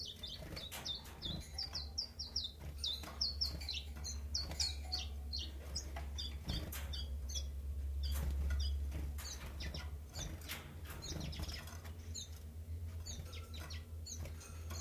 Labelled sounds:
Common Chiffchaff

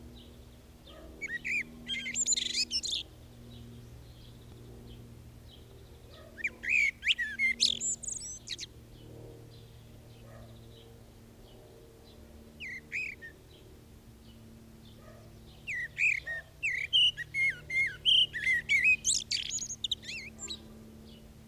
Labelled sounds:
Common Blackbird song

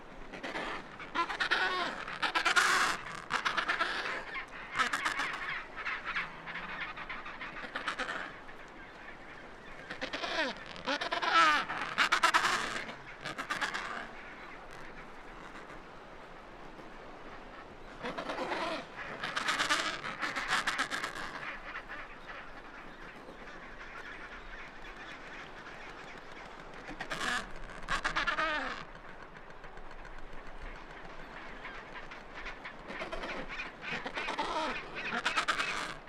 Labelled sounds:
Adelie Penguin call

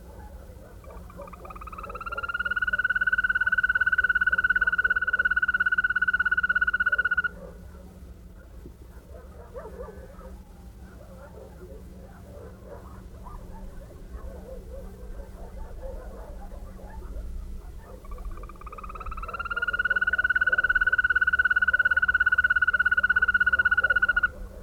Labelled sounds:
Green Toad call

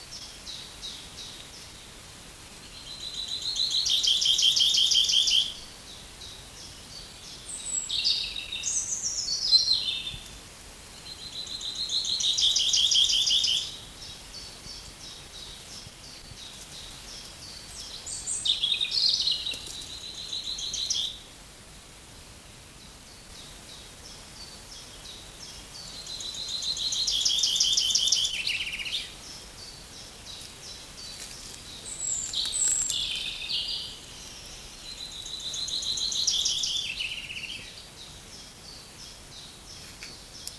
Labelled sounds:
Common Chaffinch

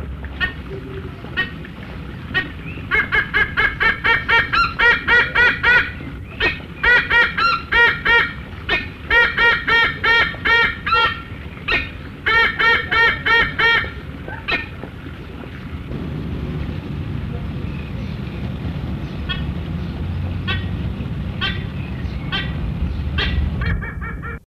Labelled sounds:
White-bellied Sea Eagle call

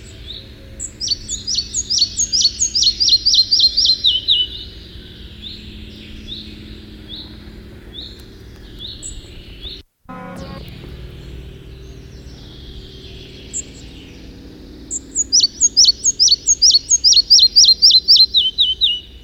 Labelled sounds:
Red-breasted Flycatcher song

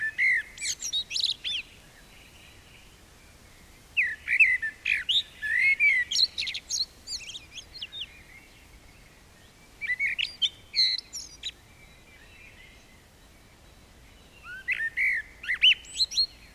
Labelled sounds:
Common Blackbird song

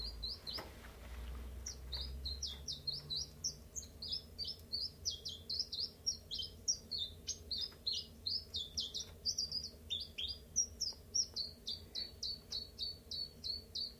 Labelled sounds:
Common Chiffchaff

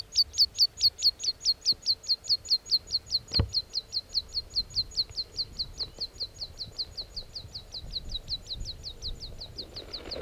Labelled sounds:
Meadow Pipit

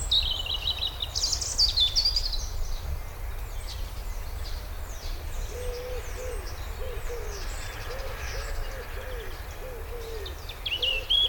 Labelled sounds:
Common Chaffinch

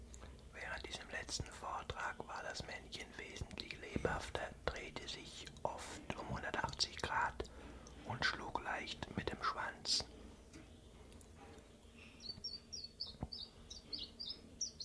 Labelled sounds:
Common Chiffchaff

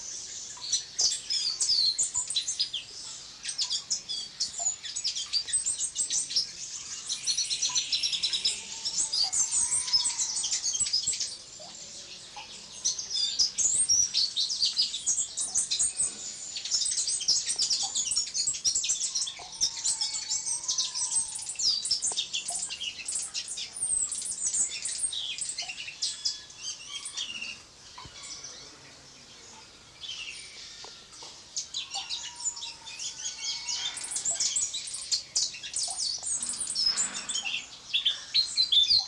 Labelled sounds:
Scarlet-chested Sunbird song

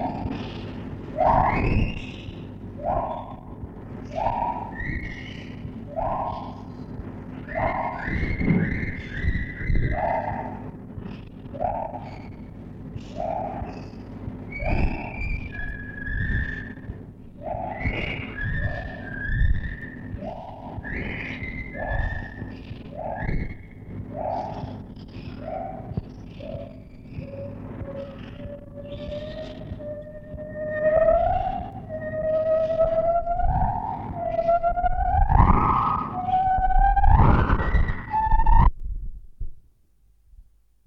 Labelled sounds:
Lar Gibbon

